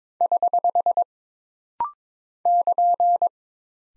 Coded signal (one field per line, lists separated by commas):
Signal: Morse code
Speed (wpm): 22 wpm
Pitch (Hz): 700 Hz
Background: none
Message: <HH> <KN>